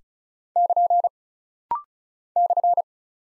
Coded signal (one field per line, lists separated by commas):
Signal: Morse code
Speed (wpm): 36 wpm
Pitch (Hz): 700 Hz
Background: none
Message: <KN> /